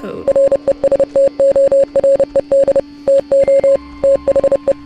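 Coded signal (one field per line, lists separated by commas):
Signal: Morse code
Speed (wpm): 30 wpm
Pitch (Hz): 550 Hz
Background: speech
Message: RESTORED TO THE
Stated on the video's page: Heard in the game Oxenfree.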